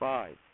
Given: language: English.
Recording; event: throat vibration sensor signal played as sound; speech